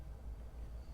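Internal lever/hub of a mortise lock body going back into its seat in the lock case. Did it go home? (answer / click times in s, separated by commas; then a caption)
no / none. An internal lever or hub of an Ultra Hardware 44610 old-time steel mortise lock body, operated by skeleton key, is handled and repositioned inside the open lock case while the lock is being reversed with the case cover off. Only a steady low rumble and faint handling noise are heard over the second, and the part has not yet clicked or seated back into place.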